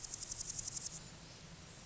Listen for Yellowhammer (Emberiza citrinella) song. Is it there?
no